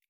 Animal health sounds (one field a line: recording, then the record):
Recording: hydrophone in a shrimp aquaculture tank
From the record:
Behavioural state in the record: feeding